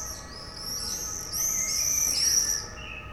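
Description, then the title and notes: Common swift screams, a drawn-out shrill buzzy shriek swelling in the middle. Bonn old town, July 2006. "bonn altstadt, mauersegler - mauersegler im juli 2006. Mauersegler, Bonn, Juli 2006. by maik johannsen"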